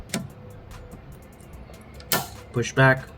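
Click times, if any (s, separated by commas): none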